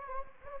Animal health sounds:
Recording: mosquito wingbeat signal from an infrared sensor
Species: Anopheles gambiae

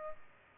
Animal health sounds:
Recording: mosquito wingbeat signal from an infrared sensor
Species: Culex pipiens

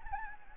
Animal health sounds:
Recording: mosquito wingbeat signal from an infrared sensor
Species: Anopheles gambiae

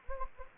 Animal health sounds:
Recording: mosquito wingbeat signal from an infrared sensor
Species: Anopheles gambiae

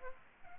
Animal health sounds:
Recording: mosquito wingbeat signal from an infrared sensor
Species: Aedes aegypti

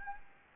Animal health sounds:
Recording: mosquito wingbeat signal from an infrared sensor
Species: Anopheles gambiae

